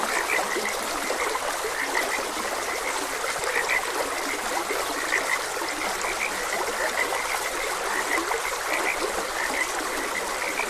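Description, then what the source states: Frogs croak in quick, scattered repeats over the constant hiss and babble of a stream. Frogs croaking beside a gentle stream.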